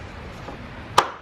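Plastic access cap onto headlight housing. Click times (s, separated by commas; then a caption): 1.0 s. A plastic rear access cap is put back on the headlight housing of a 2014-2020 Mercedes-Benz GLA250 and twisted clockwise after a daytime running light and high beam bulb replacement. After a faint low rustle, one loud, sharp snap at 0.99 s confirms the cap has seated.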